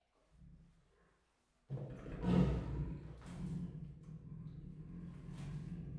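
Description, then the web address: Siberian tiger giving a deep, gravelly call that starts suddenly after a quiet pause, swells and fades, then softer sounds follow over a low hum. Two captive sister females at a zoo in Miskolc, recorded in 2018. "sziberiai tigris ketnostenytestver"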